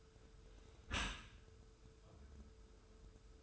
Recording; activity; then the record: daily activity, microphone in the room; close dishwasher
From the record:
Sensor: 2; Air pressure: 1014.9 hPa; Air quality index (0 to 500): 25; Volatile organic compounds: 0 ppm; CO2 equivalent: 502 ppm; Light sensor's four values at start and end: 10/23/9/9 and 10/23/9/9